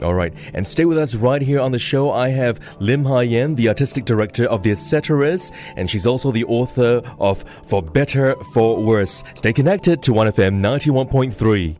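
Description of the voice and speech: A man speaks fluently at a steady pace with clear, ordinary voicing, introducing a guest and a radio station.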